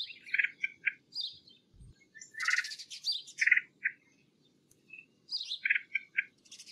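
Red-headed woodpecker uttering a few hoarse, grating call notes among busy chirping and a brief low thump.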